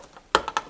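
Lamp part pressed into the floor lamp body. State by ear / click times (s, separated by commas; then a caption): seated / 0.3 s. A part pressed into the body of a YonTune RGB colour changing floor lamp during assembly, going in one side first and then pressed all the way down, seats with a sharp click at 0.4 s. Two lighter clicks follow at about 0.5 s and 0.6 s, and the part is seated in place.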